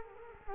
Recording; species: mosquito wingbeat signal from an infrared sensor; Culex quinquefasciatus